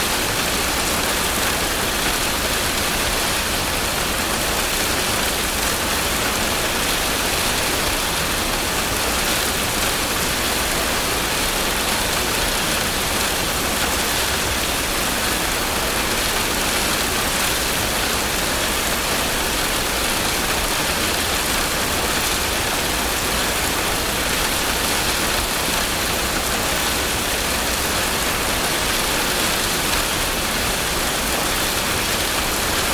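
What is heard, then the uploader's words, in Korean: Soft, steady spring rain taps against a camper van window, forming a dense, even hiss that never lets up. The patter is fine and continuous, brightest in its upper wash, with a faint low rumble underneath and no distinct events standing out. 부드러운 알프스 봄비. 알프스의 외진, 그러나 환영하는 마을에 주차된 캠핑밴의 안락한 품에서 포근함을 느껴보세요. 부드럽고 꾸준한 봄비. 캠핑밴 창문에 부딪히는 비의 부드러운 두드림과 자연의 백색 소음의 교향곡.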